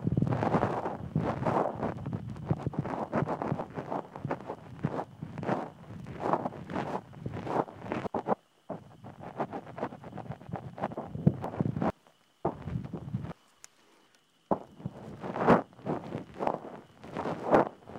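Scratchy rustling and scraping from ear cleaning fills the clip in dense, uneven strokes, pausing briefly near 8 and 12 seconds and going silent around 14 seconds. A thin, steady high chirr like insects runs underneath throughout.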